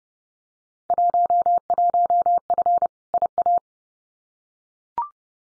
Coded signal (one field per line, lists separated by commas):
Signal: Morse code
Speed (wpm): 30 wpm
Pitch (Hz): 700 Hz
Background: none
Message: 11F IA